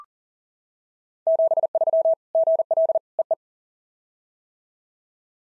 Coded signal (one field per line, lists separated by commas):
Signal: Morse code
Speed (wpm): 40 wpm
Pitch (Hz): 660 Hz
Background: none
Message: 73 GL EE